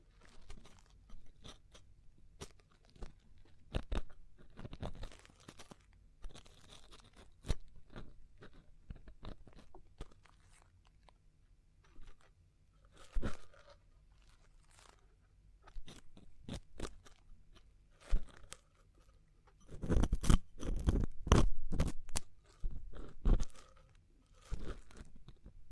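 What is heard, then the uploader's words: Crisp crunching and scratching from ear cleaning, in sharp irregular clicks scattered through the recording over a faint, low hum. Soft rustling fills gaps, and the crackling grows dense and loud from about 20 to 23 seconds before thinning again. ASMR Chinese Ear Cleaning for Stress Relief (No Talking).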